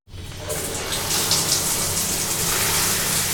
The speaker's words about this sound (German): Im Bauch des riesigen Kriegsschiffes ist es heiß. Der Matrose will sich erfrischen und den Schweiß abduschen.